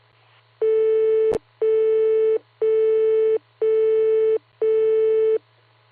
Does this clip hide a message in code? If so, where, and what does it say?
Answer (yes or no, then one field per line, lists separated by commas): no